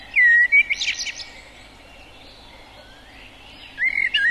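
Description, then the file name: Common blackbird song: a fluty whistled phrase ending in a thin high twitter, a quiet pause, then another whistled phrase begins, over steady background noise. "Kos"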